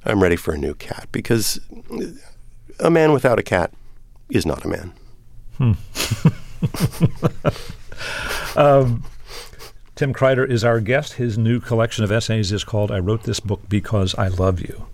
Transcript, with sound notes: I'm ready for a new cat because a man without a cat is not a man.
(Laughter) Tim Kreider is our guest. His new collection of essays is called "I Wrote This Book Because I Love You."